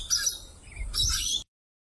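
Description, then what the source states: Rainbow lorikeets giving shrill, rasping high screeches in two short bursts. Lorikeets on a strawberry farm in southeast Queensland, where they raid crops; unafraid of humans.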